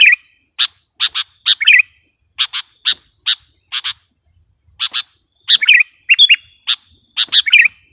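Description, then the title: Sooty-headed bulbul calling with quick sharp chips, often doubled, mixed with several short rolling warbled phrases. "kutilang"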